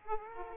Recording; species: mosquito wingbeat signal from an infrared sensor; Aedes aegypti